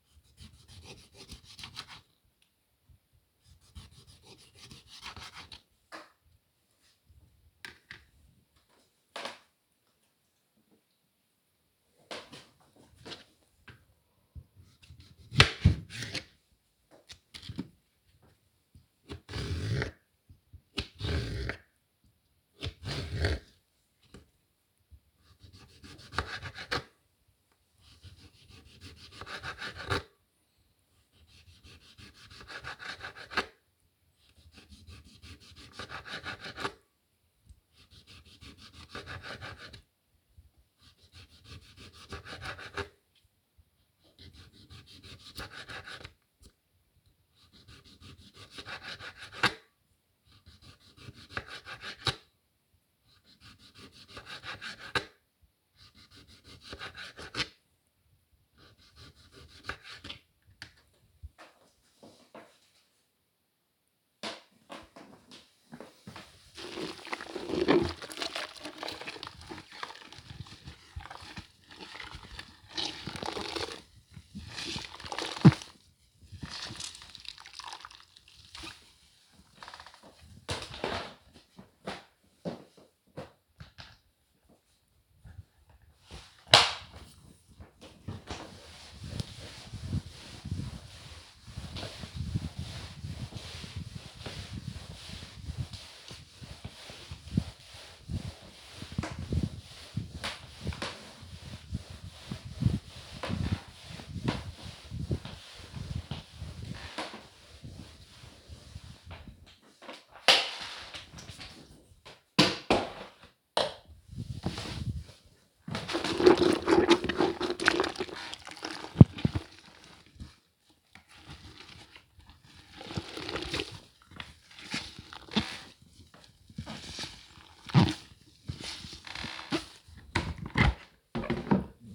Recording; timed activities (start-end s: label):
household activities, microphone on the right wrist
0.00-7.29 s: cutting vegetables
14.32-59.55 s: cutting vegetables
67.60-131.95 s: floor cleaning